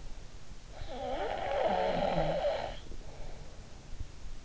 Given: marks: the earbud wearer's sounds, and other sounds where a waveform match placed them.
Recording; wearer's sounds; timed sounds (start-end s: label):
sounds in sleep by an in-ear microphone; snoring breath
0.65-3.57 s: snoring breath